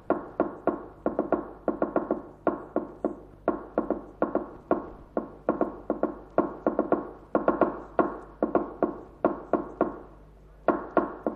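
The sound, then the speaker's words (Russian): A fork taps rapidly on a tabletop, imitating a telegraph machine sending telegrams, in uneven bursts of sharp clicks, short clusters and pauses like telegraph code, steady and fairly loud with no voices. “Дядь стучит вилкой по столу, подражая телеграфному станку.”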